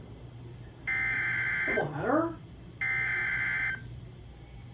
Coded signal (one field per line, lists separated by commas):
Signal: Emergency Alert System (SAME) tones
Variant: header bursts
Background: speech